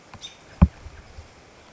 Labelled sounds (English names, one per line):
American Robin